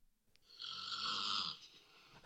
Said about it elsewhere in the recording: This is the girlfriend snoring. It's a lot more delicate. I don't think that's anywhere near as bad.